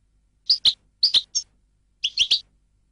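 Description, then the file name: European goldfinch calls: three short clusters of a few sharp, high chirps. "audio burung goldfinch"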